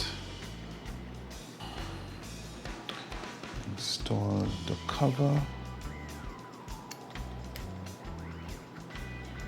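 A plastic cover is fitted back onto a Magura Gustav Pro bike brake lever after the grommet is reinserted, with handling taps and light knocks over background music while someone talks. The clip ends just before the cover goes home, so nothing has seated or clicked yet.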